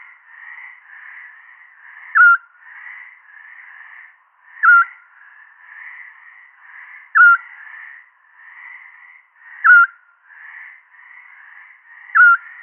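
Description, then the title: Eurasian scops owl giving its single short whistled note, clear and steady, repeated about every two and a half seconds over a soft continuous chorus of chirping background callers. "Sylvain Jaskowiak - Mes piafs. Petit Duc Scops"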